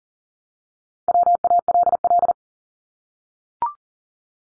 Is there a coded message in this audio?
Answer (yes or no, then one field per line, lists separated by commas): yes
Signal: Morse code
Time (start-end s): 1.1-2.3 s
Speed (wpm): 40 wpm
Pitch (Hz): 700 Hz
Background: none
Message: WALL